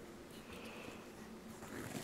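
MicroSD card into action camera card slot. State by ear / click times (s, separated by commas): not seated / none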